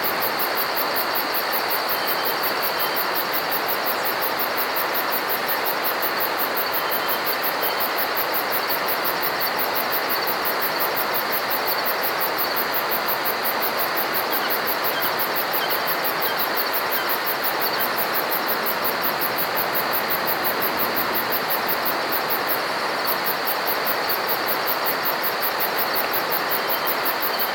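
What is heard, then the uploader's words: Cicadas at night over a steady, dense hiss that never changes for the whole half minute. A thin, rapid, evenly pulsing buzz sits high above the rush, with a fainter whine just below it, and there are no separate events or pauses. Green Noise and Cicadas at Night. The cicadas and the sounds of nature.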